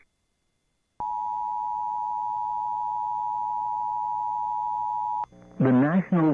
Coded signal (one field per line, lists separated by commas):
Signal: Emergency Alert System (SAME) tones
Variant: 853 and 960 Hz attention tone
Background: speech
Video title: EAS 1691: NWS Lubbock Scary Wording Flash Flood Warning